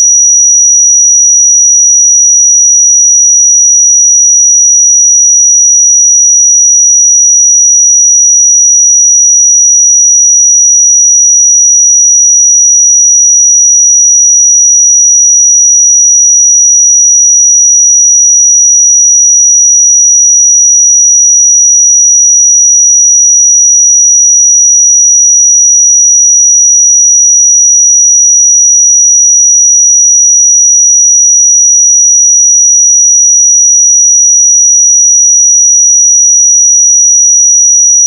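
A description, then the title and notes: A pure sine tone at 5814 Hz holds perfectly steady for the full 38 seconds. The single high, thin whistle never wavers in pitch or loudness, with no breaks and nothing else in the background. 5814 Hz 1 Hz Interval Sine Pure Tone Frequency 441000 Sample Mono.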